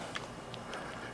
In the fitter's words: click see audible click you're